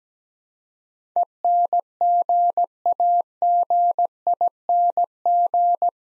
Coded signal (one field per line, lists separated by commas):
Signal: Morse code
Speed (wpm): 17 wpm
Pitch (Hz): 700 Hz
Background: none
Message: ENGAGING